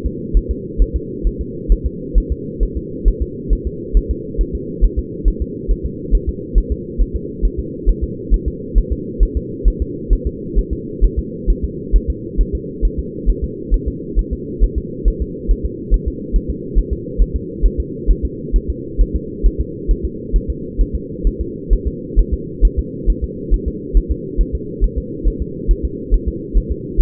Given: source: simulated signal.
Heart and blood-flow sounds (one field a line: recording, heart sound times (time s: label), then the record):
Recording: fetal heart sounds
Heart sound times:
0.06 s: S2
0.37 s: S1
0.51 s: S2
0.82 s: S1
0.96 s: S2
1.27 s: S1
1.41 s: S2
1.72 s: S1
1.86 s: S2
2.18 s: S1
2.32 s: S2
2.63 s: S1
2.77 s: S2
3.08 s: S1
3.22 s: S2
3.53 s: S1
3.67 s: S2
3.97 s: S1
4.11 s: S2
4.41 s: S1
4.55 s: S2
4.84 s: S1
4.99 s: S2
5.28 s: S1
5.42 s: S2
5.71 s: S1
5.86 s: S2
6.15 s: S1
6.29 s: S2
6.58 s: S1
6.72 s: S2
7.01 s: S1
7.16 s: S2
7.45 s: S1
7.59 s: S2
7.89 s: S1
8.03 s: S2
8.34 s: S1
8.48 s: S2
8.78 s: S1
8.92 s: S2
9.23 s: S1
9.37 s: S2
9.68 s: S1
9.82 s: S2
10.13 s: S1
10.27 s: S2
10.59 s: S1
10.73 s: S2
11.04 s: S1
11.19 s: S2
11.50 s: S1
11.64 s: S2
11.96 s: S1
12.10 s: S2
12.41 s: S1
12.55 s: S2
12.85 s: S1
12.99 s: S2
13.30 s: S1
13.44 s: S2
13.74 s: S1
13.88 s: S2
14.19 s: S1
14.33 s: S2
14.64 s: S1
14.78 s: S2
15.08 s: S1
15.22 s: S2
15.51 s: S1
15.66 s: S2
15.94 s: S1
16.08 s: S2
16.36 s: S1
16.50 s: S2
16.78 s: S1
16.93 s: S2
17.22 s: S1
17.36 s: S2
17.66 s: S1
17.80 s: S2
18.11 s: S1
18.25 s: S2
18.56 s: S1
18.70 s: S2
19.01 s: S1
19.16 s: S2
19.46 s: S1
19.61 s: S2
19.91 s: S1
20.05 s: S2
20.36 s: S1
20.50 s: S2
20.81 s: S1
20.95 s: S2
21.27 s: S1
21.41 s: S2
21.73 s: S1
21.87 s: S2
22.19 s: S1
22.34 s: S2
22.65 s: S1
22.79 s: S2
23.10 s: S1
23.24 s: S2
23.54 s: S1
23.68 s: S2
23.97 s: S1
24.11 s: S2
24.41 s: S1
24.55 s: S2
24.84 s: S1
24.98 s: S2
25.28 s: S1
25.42 s: S2
25.71 s: S1
25.85 s: S2
26.14 s: S1
26.28 s: S2
26.57 s: S1
26.72 s: S2
27.01 s: S1
From the record:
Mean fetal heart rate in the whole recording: 135 bpm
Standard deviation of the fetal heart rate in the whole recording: 3 bpm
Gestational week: 36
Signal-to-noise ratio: -4.1 dB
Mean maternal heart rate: no maternal heart sound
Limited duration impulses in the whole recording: absent